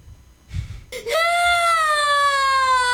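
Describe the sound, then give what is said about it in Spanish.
A boy in a played video cries because he cannot get something right, in one long, loud, high-pitched wail that starts abruptly after a short muffled rustle and holds steady, sagging slightly in pitch as it goes on. “Ahí está llorando el niño porque pues no le sale bien, güey.”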